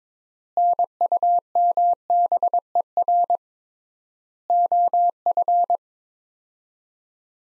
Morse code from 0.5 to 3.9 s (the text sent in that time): NUMBER